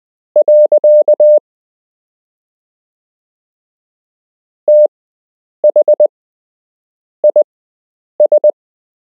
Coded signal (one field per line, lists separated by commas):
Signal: Morse code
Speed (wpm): 20 wpm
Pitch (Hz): 600 Hz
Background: none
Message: . THIS